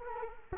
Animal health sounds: mosquito wingbeat signal from an infrared sensor; Culex quinquefasciatus

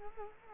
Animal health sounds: mosquito wingbeat signal from an infrared sensor; Culex quinquefasciatus

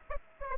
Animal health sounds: mosquito wingbeat signal from an infrared sensor; Aedes aegypti

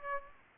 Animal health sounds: mosquito wingbeat signal from an infrared sensor; Aedes aegypti

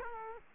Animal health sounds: mosquito wingbeat signal from an infrared sensor; Culex quinquefasciatus

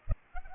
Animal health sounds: mosquito wingbeat signal from an infrared sensor; Culex pipiens

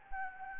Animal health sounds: mosquito wingbeat signal from an infrared sensor; Anopheles gambiae

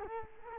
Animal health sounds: mosquito wingbeat signal from an infrared sensor; Culex quinquefasciatus

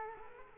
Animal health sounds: mosquito wingbeat signal from an infrared sensor; Culex quinquefasciatus

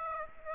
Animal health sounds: mosquito wingbeat signal from an infrared sensor; Aedes aegypti

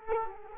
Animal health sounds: mosquito wingbeat signal from an infrared sensor; Culex quinquefasciatus

